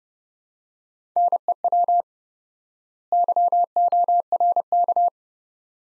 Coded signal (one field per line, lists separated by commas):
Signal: Morse code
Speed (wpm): 30 wpm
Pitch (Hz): 700 Hz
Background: none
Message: NEW YORK